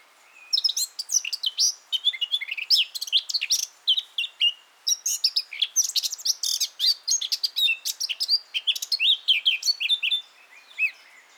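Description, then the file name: Eurasian blackcap song: a fast, rich warble of varied chattering and fluty notes, delivered almost continuously for about ten seconds. "Sylvia atricapilla"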